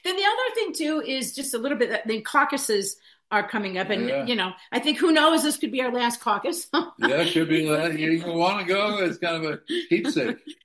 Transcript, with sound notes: Then the other thing too is just a little bit that the caucuses are coming up and-
Yeah.
... you know, I think who knows, this could be our last caucus. (laughs)
Yeah, should be the last. You want to go as kind of a keepsake.